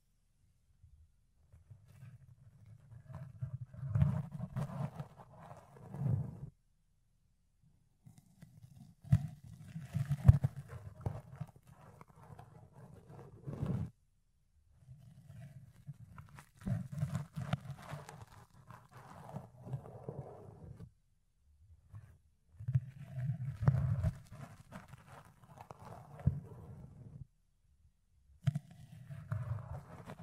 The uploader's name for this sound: Fluffy Ear Cleaning, Ear Picking